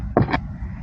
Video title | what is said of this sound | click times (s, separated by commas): 2015 Golf headlight bulb installation. | I'm gonna turn it, and you hear that click? | 0.2 s